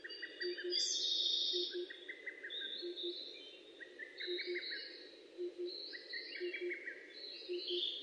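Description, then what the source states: Several birds singing in overlapping trilled and warbled phrases, with a low paired note repeating about every second beneath them over steady background noise. Recorded in Japan on 29 May 2004.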